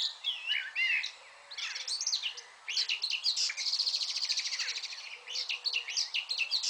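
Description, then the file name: Eurasian blackcap song: warbling phrases with whistled notes and a rapid stuttering passage in the middle, over faint background hiss. "Sylvia atricapilla"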